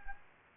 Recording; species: mosquito wingbeat signal from an infrared sensor; Anopheles gambiae